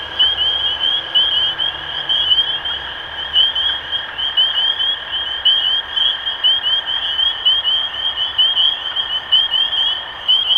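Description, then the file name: Spring peepers in full chorus, piercing upslurred peeps repeating without pause, accompanied by a long even trill at lower pitch. Recorded 23 March 2012. "Peepers-2012-0323"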